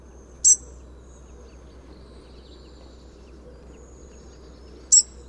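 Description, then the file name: European robin calls, two sharp ticking notes about four and a half seconds apart, with quiet background hum between. "Erithacus rubecula"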